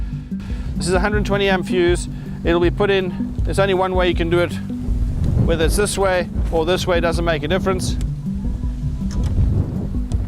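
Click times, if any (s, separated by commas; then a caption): none. Someone talks while handling a 120 amp fuse for the fuse box of a Paramobile golf cart, with a low rumbling hum underneath and a couple of brief sharp sounds near the end. The plastic fuse box cover has not yet been closed onto the fuse box, and nothing has seated or clicked yet.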